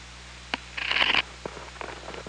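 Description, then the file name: Killer whale sound, a short buzzy pulsed burst held for about half a second between scattered sharp clicks, with a low steady hum beneath. Recorded on the OrcaLab hydrophone, 24 August 2017, 00:50. "Orca Lab 20170824 005059"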